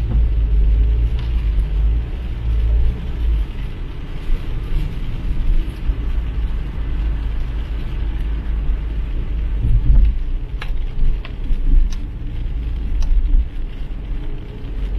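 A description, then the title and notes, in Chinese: Driving in the rain: a heavy, steady low rumble of the car fills the whole clip, strongest in the first few seconds and again around ten seconds. A dense hiss runs over it, with a few sharp ticks and clicks scattered from about ten seconds on. 在雨中开车。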